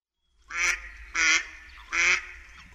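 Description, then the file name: Mallard with three loud, raspy quacks. "KRZYŻÓWKA"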